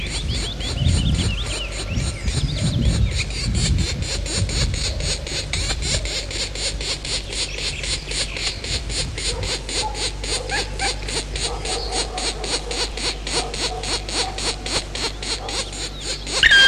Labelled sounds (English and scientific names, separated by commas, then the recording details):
Black Woodpecker (Dryocopus martius)
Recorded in the wild
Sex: diverse
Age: diverse
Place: Dürrbach, Sachsen, DE
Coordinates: 51.3583, 14.6164
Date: 1957-05-01
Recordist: Meyer, Hugo